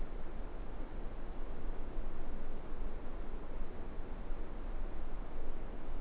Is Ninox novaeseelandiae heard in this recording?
no